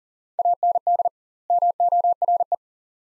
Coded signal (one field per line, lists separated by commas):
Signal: Morse code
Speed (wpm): 40 wpm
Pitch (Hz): 700 Hz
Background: none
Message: AND MORE